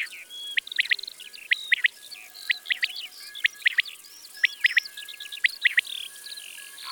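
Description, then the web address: Common quail song, short clipped notes in threes, repeated through a lively mix of other birds' whistled and chirping song. "Caille des bles. abc de la nature"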